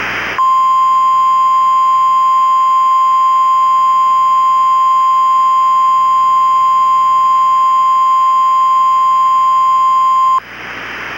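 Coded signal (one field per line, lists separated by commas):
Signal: Emergency Alert System (SAME) tones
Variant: 1050 Hz attention tone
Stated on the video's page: Recreated EAS flash flood warning from the Tampa Bay weather office as seen on a local cable system, with valid tones.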